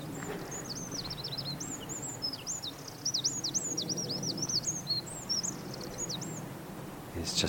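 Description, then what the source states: Wren singing a fast, high-pitched outpouring of tumbling trills and chips for about six seconds, with low wind rumble throughout and a brief noise at the end. Singing on a rocky, gorsy, brackeny hillside above a coastal path on Anglesey, near a seaweed-strewn beach; windy in exposed spots; song described as not very convincing.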